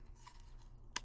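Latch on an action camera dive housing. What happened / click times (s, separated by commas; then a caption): The housing latch snapped open / 1.0 s. The back latch of a plastic action-camera dive housing is opened after a water test, having found tissue caught in the seal. Over quiet low background noise, a single sharp click is heard at 0.96 s as the latch snaps open, releasing it.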